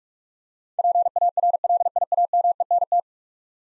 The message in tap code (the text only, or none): none